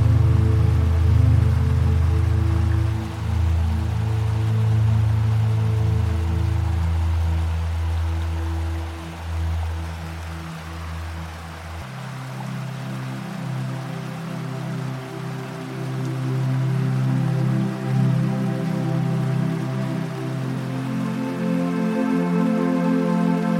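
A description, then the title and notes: Relaxing music plays over the steady hiss of a waterfall and flowing river. Low sustained tones hold for the first twelve seconds, then shift to a new chord, and brighter notes enter near the end while the water rushes on unchanged. Relaxing Music, River Flowing & Waterfall Sounds. The gentle melodies of relaxing music blend with the captivating symphony of a majestic waterfall and flowing river.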